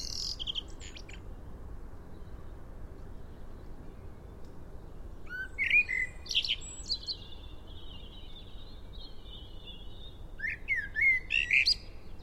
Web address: SETE Turdus merula